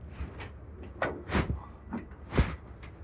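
A door being opened, with a few clunks and scraping creaks in quick succession, the loudest knock near the end over a low background rumble.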